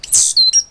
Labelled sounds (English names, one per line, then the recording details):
Stitchbird song
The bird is a male
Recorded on Tiritiri Matangi Island, New Zealand, in 2005
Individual 8, of nest box 10